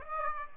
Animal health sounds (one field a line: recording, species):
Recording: mosquito wingbeat signal from an infrared sensor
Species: Aedes aegypti